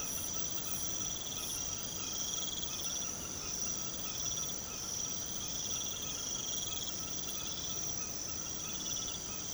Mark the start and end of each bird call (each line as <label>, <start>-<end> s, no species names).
bird call, 0.00-9.53 s